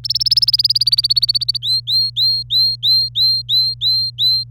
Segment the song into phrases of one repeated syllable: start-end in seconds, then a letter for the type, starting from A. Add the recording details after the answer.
0.04-1.57 A, 1.62-4.44 B. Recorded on 26 April 2018 at 12:17. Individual llb3